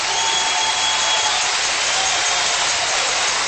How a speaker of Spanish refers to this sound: ¡Aleluya! Ahora, un aplauso fuerte, después le digo algo.